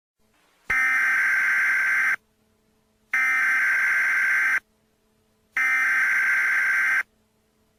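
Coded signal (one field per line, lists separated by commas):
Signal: Emergency Alert System (SAME) tones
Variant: header bursts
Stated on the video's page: Fictional mock EAS alert, simulated rather than a real activation.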